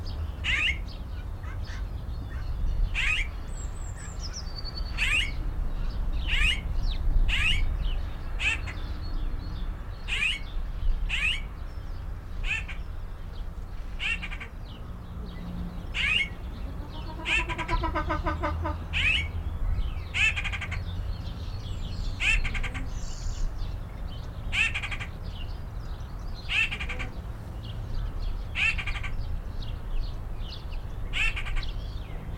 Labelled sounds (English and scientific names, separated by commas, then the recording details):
White-winged Grosbeak (Mycerobas carnipes) call
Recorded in captivity
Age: adult
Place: Tierpark Berlin, Berlin, DE
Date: 1994-04-08 12:05
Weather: sonnig, 5°C
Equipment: Marantz CP 430, Sennheiser ME 80, Kopie Uher Variocord 263
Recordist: Tembrock, Günter